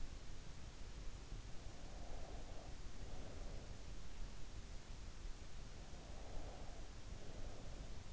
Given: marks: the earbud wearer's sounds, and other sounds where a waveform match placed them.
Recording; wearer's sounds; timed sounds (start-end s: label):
sounds in sleep by an in-ear microphone; breath
1.76-3.87 s: breath
5.87-8.13 s: breath